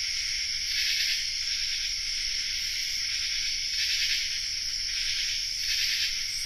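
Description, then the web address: Common true katydid chorus: grating buzzy bursts recur at irregular intervals over a steady high-pitched insect hum. Chorus, North America. "Nature Songs N America Songs of Insects Common True Katydid chorus"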